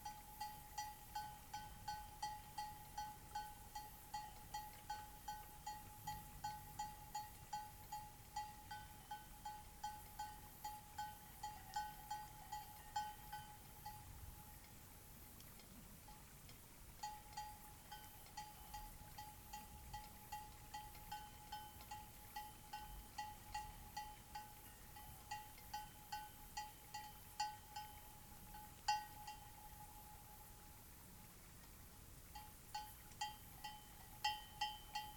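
Night beside Taylor Lake, where a steady, rapid, even-pitched call pulses about twice a second, pausing briefly near 15 and 31 seconds.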